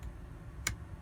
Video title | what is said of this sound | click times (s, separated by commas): Savage Model 29 (Ranger 102.35) | clicks and if you could hear that it actually clicks into this position here | 0.7 s